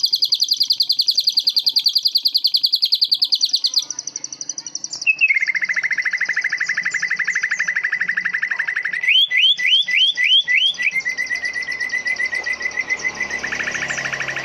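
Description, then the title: Leafbird with a long, high, rapid trill, then a lower steady chatter broken by a burst of sharp rising notes before the trill resumes. "CUCAK IJO"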